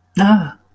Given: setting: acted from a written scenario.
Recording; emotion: vocal sound without words; fear